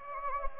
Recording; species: mosquito wingbeat signal from an infrared sensor; Anopheles gambiae